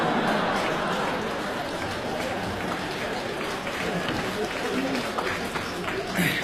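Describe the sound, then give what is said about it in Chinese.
An audience claps steadily, a dense, even wash of many hands that holds at a constant level for several seconds, with no clear speech over it. “鼓掌的家里都有138条腿裤子啊？”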